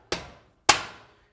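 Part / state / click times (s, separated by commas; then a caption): aluminum snap-in strip onto shower door wall rail / seated / 0.1 s, 0.7 s. An aluminum snap-in filler strip is fitted onto a shower door wall rail: one side is snapped onto the rail and tapped with a mallet. Two sharp hits ring out at 0.1 s and 0.7 s, the second much louder, and the strip seats firmly in place.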